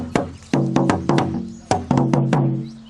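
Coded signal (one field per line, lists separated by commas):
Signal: talking drum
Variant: Asante atumpan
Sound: about eleven resonant drum strokes on high and low pitches, in speech-like rhythm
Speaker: so that one's saying when you kill a thousand yeah a thousand will the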